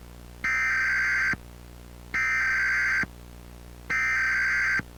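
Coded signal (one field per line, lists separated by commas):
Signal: Emergency Alert System (SAME) tones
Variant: header bursts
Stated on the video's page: Mock EAS alert, a fictional recreation using real valid SAME tones.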